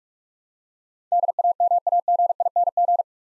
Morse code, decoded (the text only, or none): DAMAGING